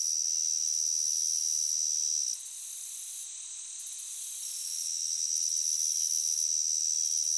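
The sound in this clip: Cricket trilling in a shrill high tone, joined by rhythmic pulsing bursts that come and go every second and a half or so.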